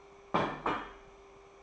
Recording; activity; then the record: daily activity, microphone in the room; place plate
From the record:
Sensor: 1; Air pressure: 1004.3 hPa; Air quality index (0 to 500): 197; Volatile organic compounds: 18 ppm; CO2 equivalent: 2612 ppm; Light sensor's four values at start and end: 4/10/3/4 and 4/10/3/4